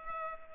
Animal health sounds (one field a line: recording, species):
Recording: mosquito wingbeat signal from an infrared sensor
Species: Culex pipiens